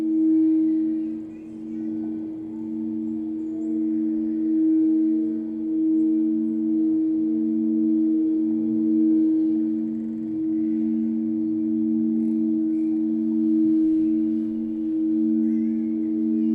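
Crystal bowls ring in a sustained, steady drone, with one strong low-mid tone holding throughout. A second tone just below it pulses slowly and regularly, roughly every second, creating a gentle wavering beat. Faint higher overtones shimmer above, with little else in the background.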